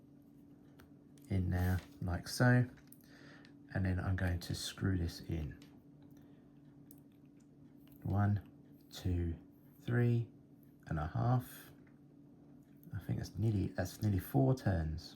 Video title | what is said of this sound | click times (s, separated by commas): Is this budget LAMY Safari imitation any good? | And I haven't heard it click. So already there's a difference between that and the lammy. | none